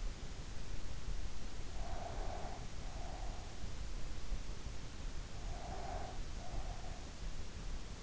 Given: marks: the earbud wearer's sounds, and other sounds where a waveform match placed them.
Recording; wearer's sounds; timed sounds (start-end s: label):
sounds in sleep by an in-ear microphone; breath
1.87-3.43 s: breath
5.42-7.03 s: breath